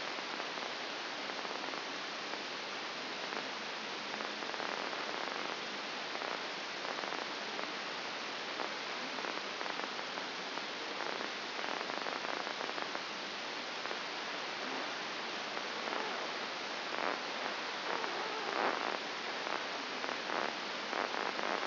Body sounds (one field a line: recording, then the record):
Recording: brain microelectrode recording played as sound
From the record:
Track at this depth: outside the subthalamic nucleus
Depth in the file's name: 6.101 mm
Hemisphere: left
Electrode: 2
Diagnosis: Parkinson's disease